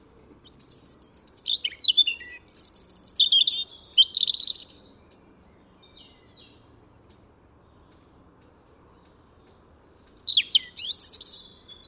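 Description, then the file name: European robin song: two bursts of high, thin, tumbling warbled phrases with quick trills and slurred notes, separated by about five seconds of silence. "Erithacus rubecula"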